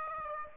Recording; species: mosquito wingbeat signal from an infrared sensor; Aedes aegypti